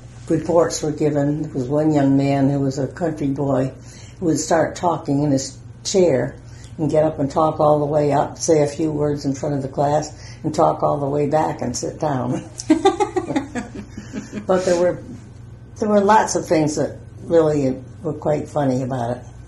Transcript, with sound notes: reports were given…there was one young man who was a country boy who would start talking in his chair, and get up and talk all the way up, say a few words in front of the class, and talk all the way back and sit down [laughter] But there were lots of things that were really quite funny about it.